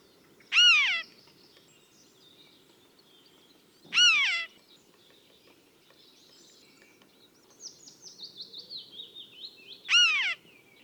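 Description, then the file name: Eurasian jay giving three loud, downward-slurred calls a few seconds apart, with a quieter run of descending stepped notes between the last two. "Garrulus glandarius"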